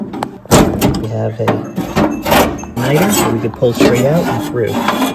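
An old igniter electrode and its metal clip are unclipped from a gas grill burner, giving a sharp, short click at 0.2 s. Someone talks throughout, and the clip comes free, releasing the igniter from the burner.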